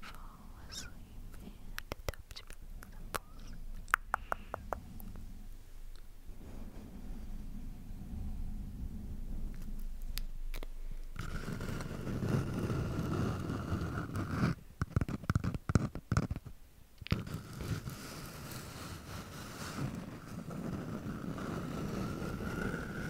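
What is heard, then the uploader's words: Bare microphone triggers: scattered sharp taps and clicks over a low rumbling rub for the first ten seconds. Near eleven seconds the rubbing grows louder and denser, with a rushing, wind-like scrape, and bursts of quick rapid tapping around fifteen and seventeen seconds. ASMR Intense Bare Mic Triggers.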